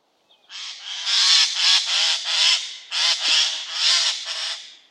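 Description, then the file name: Eurasian jay calling with a rapid series of harsh, scratchy screeches, several rasping notes in two close runs. "Garrulus glandarius"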